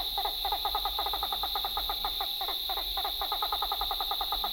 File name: Great Blue Turaco (Corythaeola cristata)